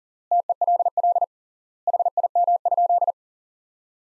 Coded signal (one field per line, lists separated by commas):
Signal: Morse code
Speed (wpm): 40 wpm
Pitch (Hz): 700 Hz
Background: none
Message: TELL HIM?